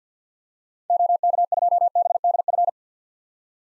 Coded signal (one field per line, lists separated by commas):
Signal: Morse code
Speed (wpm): 50 wpm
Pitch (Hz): 700 Hz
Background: none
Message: OK2BDF